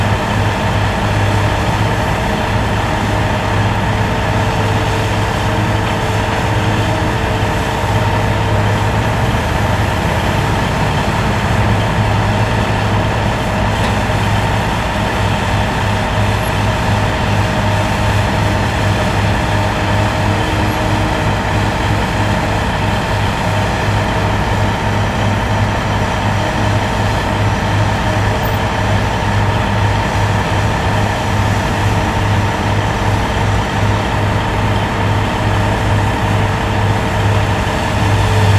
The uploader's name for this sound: Building the Highway